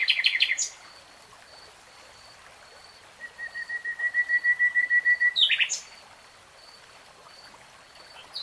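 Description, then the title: Nightingale song: a burst of harsh notes, a quiet pause, then a series of repeated whistled notes swelling in volume, followed by another harsh burst. Singing, from a 3-hour real-time recording. "[Tiếng chim hót] REALTIME Nightingale Singing"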